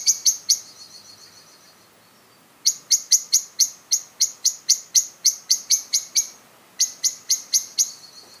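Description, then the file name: Common blackbird calling with hard, clicking chinks: a brief trio, a pause, then a long rapid run of notes, followed by a few more. "Turdus merula"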